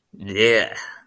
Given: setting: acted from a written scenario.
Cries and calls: vocal sound without words; disgust

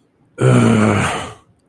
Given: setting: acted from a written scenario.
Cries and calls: vocal sound without words; anger

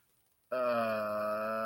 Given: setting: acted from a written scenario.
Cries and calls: vocal sound without words; sadness

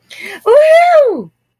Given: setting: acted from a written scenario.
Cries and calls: vocal sound without words; triumph

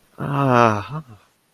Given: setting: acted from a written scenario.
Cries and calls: vocal sound without words; serenity

